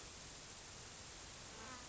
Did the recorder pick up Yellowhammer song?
no